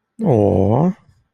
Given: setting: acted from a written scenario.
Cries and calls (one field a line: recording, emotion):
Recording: vocal sound without words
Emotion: adoration